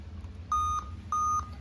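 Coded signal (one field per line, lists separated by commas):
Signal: beep code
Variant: Dell laptop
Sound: evenly spaced short electronic beeps, two heard in this clip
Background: low room hum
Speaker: इसमें है कि बीपिंग है, जैसे ये मेरा ऑन वगैरह डिस्प्ले वगैरह सारा आएगा, लेकिन इस तरह का बीपिंग मेरा ये आएगा।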